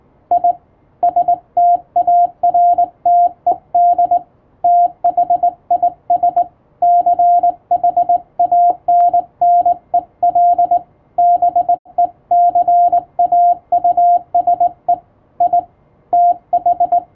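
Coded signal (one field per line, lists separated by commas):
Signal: Morse code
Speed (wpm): 21 wpm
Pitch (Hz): 700 Hz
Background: radio noise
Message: I STARTED THIS CHANNEL BECAUSE I TH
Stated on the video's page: Morse code sent with a telegraph key by a first-class radiotelegraph operator, as a thank-you message.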